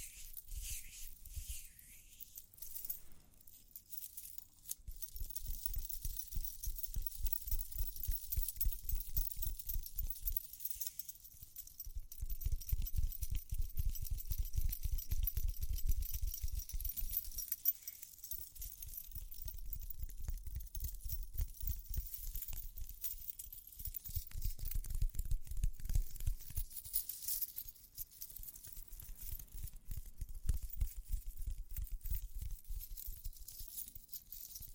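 Rapid tapping and scratching for ear cleaning, with bursts of dense low patters that swell and fade every few seconds. A thin, bright jingle runs above throughout, with short quiet gaps near 3, 11, 18 and 28 seconds.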